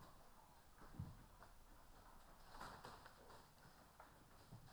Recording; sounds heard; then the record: poultry house recording; healthy chickens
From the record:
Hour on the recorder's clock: 14